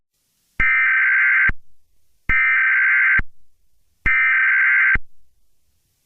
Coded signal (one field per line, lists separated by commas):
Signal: Emergency Alert System (SAME) tones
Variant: header bursts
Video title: EAS Scenario #45: Rise of the Animal Kingdom